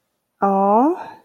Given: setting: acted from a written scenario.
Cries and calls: vocal sound without words; disappointment

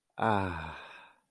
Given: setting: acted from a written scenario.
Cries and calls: vocal sound without words; serenity

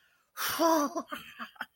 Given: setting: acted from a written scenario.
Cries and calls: vocal sound without words; elation

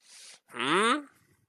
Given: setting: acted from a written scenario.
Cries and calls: vocal sound without words; confusion

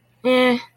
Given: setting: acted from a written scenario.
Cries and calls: vocal sound without words; neutral

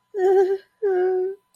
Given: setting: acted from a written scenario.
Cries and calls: vocal sound without words; fear

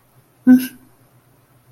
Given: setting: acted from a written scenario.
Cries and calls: vocal sound without words; neutral

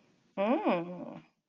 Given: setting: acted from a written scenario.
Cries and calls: vocal sound without words; desire

